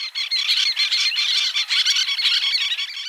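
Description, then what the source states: Little Tern agitated calls, a dense chatter of harsh, sharp, squeaky notes with a few brief gaps. Agitated birds, excited because people are approaching, a sign of stress; rare coastal species breeding on the ground on beaches.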